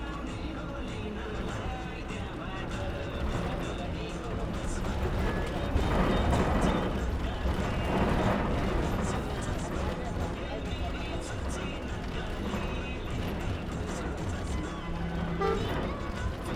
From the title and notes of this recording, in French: Dans le bus vers Dumre. Le trajet entre Pokhara et Dumre se fait donc dans un bus antédiluvien, craquant, grinçant, aux sièges et aux rideaux sans âge sur une route de terre battue et défoncée par les innombrables véhicules qui l'empruntent (c'est la route principale qui relie Pokhara et Kathmandu).